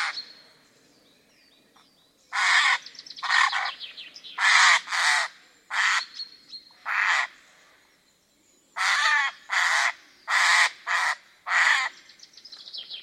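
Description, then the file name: Eurasian jay giving harsh, rasping screeches, a series of them, a pause, then several more in quick succession. "Garrulus glandarius"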